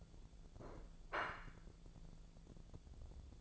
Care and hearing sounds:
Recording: daily activity, microphone in the room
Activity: place plate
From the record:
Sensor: 5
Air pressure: 1000.3 hPa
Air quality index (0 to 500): 120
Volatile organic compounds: 1 ppm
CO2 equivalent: 953 ppm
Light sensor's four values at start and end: 97/229/98/106 and 97/229/98/106

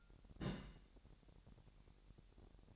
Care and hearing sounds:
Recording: daily activity, microphone in the room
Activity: place on stove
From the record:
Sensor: 3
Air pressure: 1012.0 hPa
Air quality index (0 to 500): 216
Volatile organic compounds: 4 ppm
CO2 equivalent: 1611 ppm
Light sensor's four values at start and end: 94/222/92/83 and 94/222/92/83

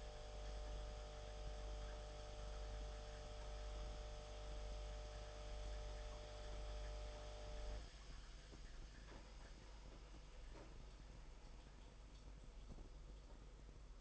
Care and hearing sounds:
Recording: daily activity, microphone in the room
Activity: make coffee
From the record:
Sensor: 5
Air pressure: 991.8 hPa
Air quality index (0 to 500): 166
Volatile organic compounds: 396 ppm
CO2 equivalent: 4665 ppm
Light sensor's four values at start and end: 33/109/41/43 and 33/109/41/43

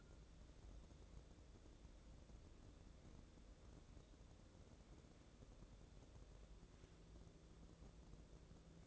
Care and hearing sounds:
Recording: daily activity, microphone in the room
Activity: wipe stove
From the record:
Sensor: 3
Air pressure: 1012.3 hPa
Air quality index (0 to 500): 175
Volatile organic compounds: 3 ppm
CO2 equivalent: 1343 ppm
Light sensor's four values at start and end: 599/1488/615/631 and 599/1488/615/631

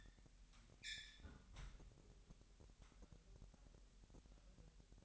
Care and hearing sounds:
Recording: daily activity, microphone in the room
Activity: close fridge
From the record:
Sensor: 3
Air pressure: 1001.9 hPa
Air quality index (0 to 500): 238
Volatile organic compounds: 43 ppm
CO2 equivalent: 3202 ppm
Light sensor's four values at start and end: 12/37/16/13 and 12/37/16/13

